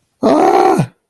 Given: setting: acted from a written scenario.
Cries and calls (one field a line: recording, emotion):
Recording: vocal sound without words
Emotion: distress